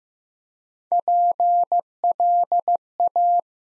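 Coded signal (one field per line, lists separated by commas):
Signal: Morse code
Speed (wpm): 15 wpm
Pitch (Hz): 700 Hz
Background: none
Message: PLA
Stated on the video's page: Morse practice set at 15 wpm: 6-letter words sent three letters at a time for building instant character recognition.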